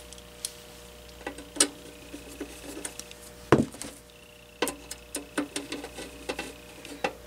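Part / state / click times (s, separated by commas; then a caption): screw into plastic heater housing / stripped / none. A screw is driven back into the plastic housing of a Heat Wave 1500 watt ceramic heater during reassembly, giving a run of sharp ticking hits, with louder ones near 0.4, 1.6 and 3.5 seconds. The screw never tightens because the plastic threads strip out, and the stripping cannot be pinned to any one tick, so nothing seats or clicks into place.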